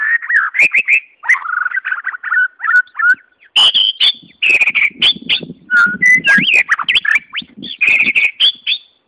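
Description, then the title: White-rumped shama song, whistled phrases and short trills alternating with harsh clicky notes, steady and varied throughout. Wild bird singing in forest; natural song. "Kicau Asli Murai Batu Hutan"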